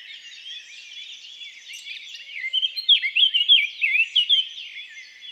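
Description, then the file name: Eurasian blackcap song opening with faint subdued warbling, then a clear loud flourish of varied whistled notes over about two seconds. "Sylvia atricapilla"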